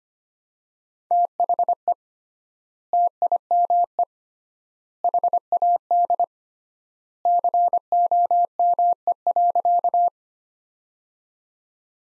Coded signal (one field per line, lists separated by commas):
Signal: Morse code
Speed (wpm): 25 wpm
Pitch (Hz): 700 Hz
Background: none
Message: THE TIME HAD COME.